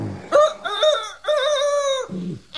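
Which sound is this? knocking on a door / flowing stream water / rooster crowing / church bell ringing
rooster crowing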